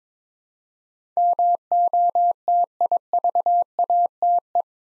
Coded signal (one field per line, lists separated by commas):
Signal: Morse code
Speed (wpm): 22 wpm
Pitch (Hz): 700 Hz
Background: none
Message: MOTIVATE